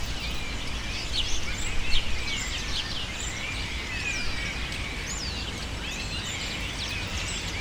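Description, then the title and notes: Birds give loud, looping shrill squeals and sharp chirps in an overlapping crowd, strongest early on, with steady low background noise throughout. Birds using cypress trees in the recordist's city as a refuge, screaming without stopping, especially in the afternoon. "Pájaros En La Fábrica. Muchos de los cipreses de mi ciudad se han convertido en el refugio de pájaros que, sobretodo por la tarde, gritan sin parar"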